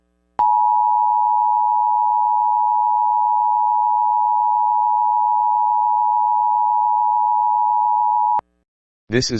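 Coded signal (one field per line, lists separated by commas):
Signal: Emergency Alert System (SAME) tones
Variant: 853 and 960 Hz attention tone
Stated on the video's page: Simulated mock Amber Alert for Coconino County, Arizona.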